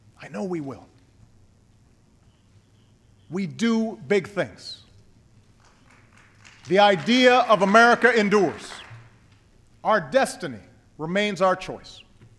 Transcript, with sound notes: I know we will.” We do big things. (Applause.) The idea of America endures. Our destiny remains our choice.